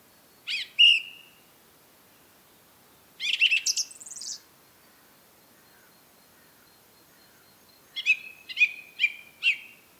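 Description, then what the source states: Song thrush song of loud, separate phrases: a sharp doubled whistle, then a rapid scratchy run, then a short note repeated several times. Recorded at Rambjøra on 30 March 2023 with a Zoom recorder.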